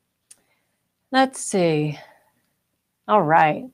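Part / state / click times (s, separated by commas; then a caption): magnetic top lid onto a sewing machine body / seated / 0.3 s. A magnet-held top lid on an embroidery machine is closed and snaps shut onto the machine body, giving a single sharp click at 0.3 s as it seats. Someone then talks.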